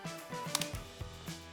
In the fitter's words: now we're going to seal the machine and make sure that you can hear proper click